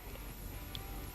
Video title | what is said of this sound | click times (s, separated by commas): In the Garage™ with Performance Corner®: Vision X Duralux 4 LED Fog Light Replacement Kit | Second one's clicked. | 0.8 s